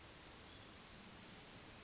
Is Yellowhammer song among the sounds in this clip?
no